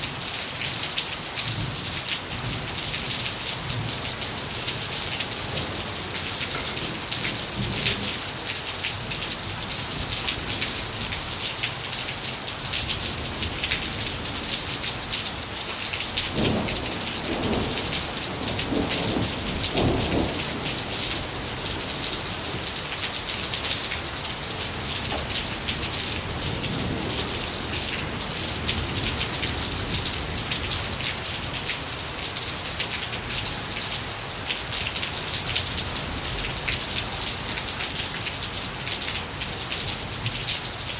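Steady, dense rain falls through the whole stretch, a bright hiss with drops pattering on a hard surface. The level barely changes, and a few sharper bursts of splashing stand out around the middle, near sixteen to twenty seconds.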